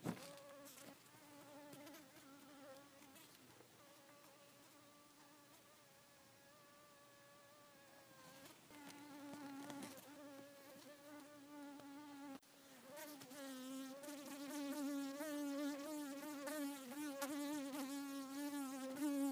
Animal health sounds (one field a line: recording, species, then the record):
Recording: mosquito flight sound by mobile phone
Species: Culiseta incidens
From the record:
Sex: female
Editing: snipped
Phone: iPhone 4S